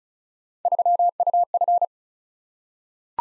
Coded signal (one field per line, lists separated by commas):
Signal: Morse code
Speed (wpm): 36 wpm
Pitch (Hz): 700 Hz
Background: none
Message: 3UF